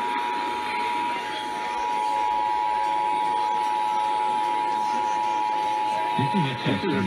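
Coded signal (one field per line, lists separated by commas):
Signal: Emergency Alert System (SAME) tones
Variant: 853 and 960 Hz attention tone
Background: speech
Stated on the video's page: Real Required Monthly Tests received in Los Angeles.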